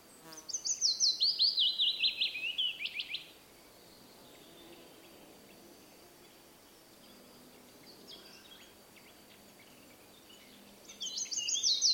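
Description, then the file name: Willow warbler song phrase that descends softly over three seconds. Quiet scattered bird notes follow, then a new phrase begins at the end. "piecuszek Phylloscopus trochilus"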